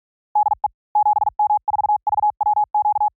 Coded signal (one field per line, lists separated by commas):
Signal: Morse code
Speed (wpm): 48 wpm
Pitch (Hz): 840 Hz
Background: none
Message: DE 7M4VWQ